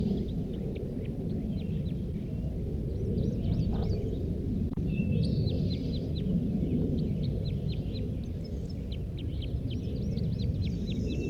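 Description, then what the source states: Red crossbill song, runs of sharp, high, downslurred notes delivered in quick bursts, over a constant loud low rumble of background noise. Wild male, not yet captured, in a group of three whose other two were already caged; almost 8 a.m., June 1, 1983, down Poverty Hollow.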